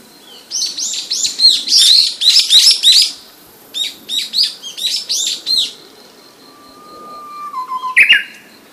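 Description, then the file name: Japanese bush warbler song: bursts of rapid high chirping notes, then a long steady low whistle ending in a sudden sharp flourish near the close. "uguisu"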